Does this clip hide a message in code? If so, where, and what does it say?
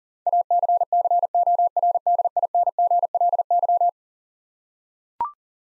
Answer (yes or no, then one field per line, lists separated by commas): yes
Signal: Morse code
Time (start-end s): 0.3-3.9 s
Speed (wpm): 37 wpm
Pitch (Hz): 700 Hz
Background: none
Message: ACCORDINGLY